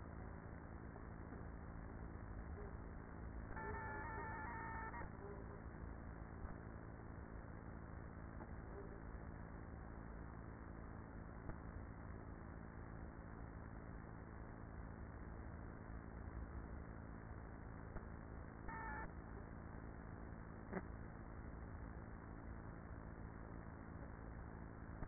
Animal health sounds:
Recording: honeybee colony, microphone inside the hive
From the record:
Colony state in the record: queenless with a low population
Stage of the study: after two queens were removed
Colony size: about 30,000 bees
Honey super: no

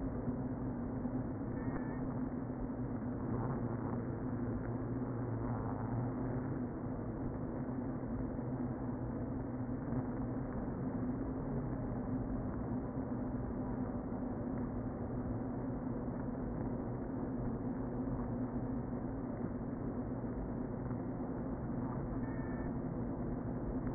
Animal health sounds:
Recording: honeybee colony, microphone inside the hive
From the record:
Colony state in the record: queen present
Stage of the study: before two queens were removed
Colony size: about 60,000 bees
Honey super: yes

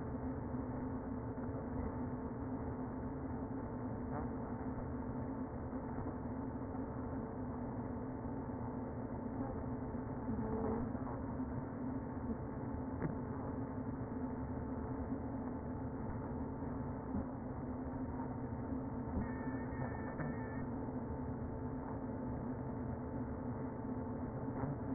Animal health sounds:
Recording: honeybee colony, microphone inside the hive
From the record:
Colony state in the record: queen present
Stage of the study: before two queens were removed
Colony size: about 60,000 bees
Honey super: yes

